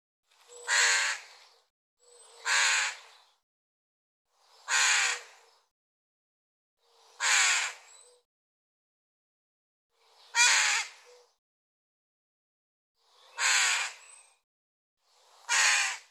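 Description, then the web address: Bird giving harsh, raspy caw calls, seven separate calls spaced roughly two to three seconds apart with clean silence between them. "cianscape birddata Deverinetal 2025 File cleaned normalized Bird"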